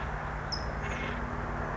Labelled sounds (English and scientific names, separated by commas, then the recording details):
California Towhee (Melozone crissalis)
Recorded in Sonoma County, California